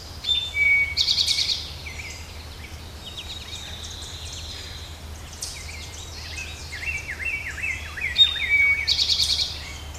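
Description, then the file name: Bird calls in varied bursts: high buzzy trills, thin whistles and a run of slurred down-up notes, with more than one bird calling. Recorded in woods on 25 June 2010; the bird is unidentified. "Mystery Bird in Woods 6-25-10"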